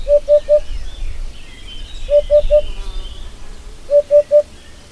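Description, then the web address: Eurasian hoopoe calling three quick, hollow, low hoots in a row, the triplet repeated about every two seconds over a quiet hum. "agykontroll Madardalok Cd 2. Búbosbanka"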